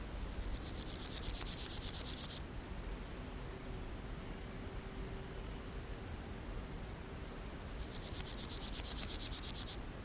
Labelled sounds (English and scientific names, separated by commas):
Meadow Grasshopper (Chorthippus parallelus)